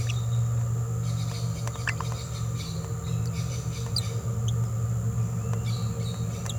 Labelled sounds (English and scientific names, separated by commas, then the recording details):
Green-rumped Parrotlet (Forpus passerinus) babbling
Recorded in a nest box in Venezuela
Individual 18B17A4